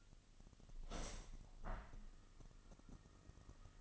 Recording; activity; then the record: daily activity, microphone in the room; open window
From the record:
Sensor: 4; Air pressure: 1005.5 hPa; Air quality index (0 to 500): 90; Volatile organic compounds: 2 ppm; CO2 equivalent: 1105 ppm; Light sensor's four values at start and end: 13/29/11/11 and 13/29/11/11